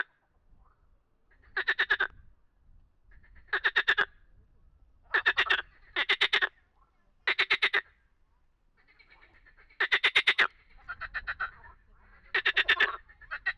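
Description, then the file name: Frog calls: harsh rattling pulsed croaks in short repeated bursts, with quieter stretches and a faint low rumble between. "grenouilles"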